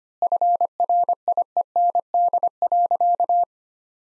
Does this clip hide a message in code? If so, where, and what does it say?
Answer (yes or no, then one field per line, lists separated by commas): yes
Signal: Morse code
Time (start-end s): 0.2-3.4 s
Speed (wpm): 25 wpm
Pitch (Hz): 700 Hz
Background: none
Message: FRIEND.